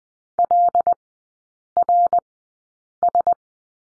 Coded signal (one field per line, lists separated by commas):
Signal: Morse code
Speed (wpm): 20 wpm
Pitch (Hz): 700 Hz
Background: none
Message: LRS